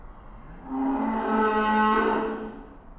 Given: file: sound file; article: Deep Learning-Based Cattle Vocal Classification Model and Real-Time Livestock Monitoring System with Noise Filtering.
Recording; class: cattle; estrus call